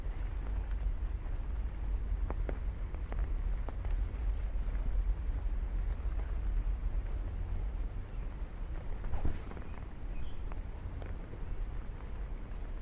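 Rain patters on an umbrella during a city walk, a steady dense hiss over a constant low rumble like passing traffic. Sharper taps and drips break through irregularly, clustered around the second, fourth and ninth seconds, with the overall level holding even throughout.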